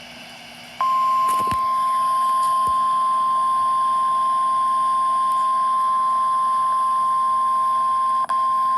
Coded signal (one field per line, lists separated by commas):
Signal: Emergency Alert System (SAME) tones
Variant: 1050 Hz attention tone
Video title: Severe Thunderstorm Warning #10 (EAS #19) (6/11/2023)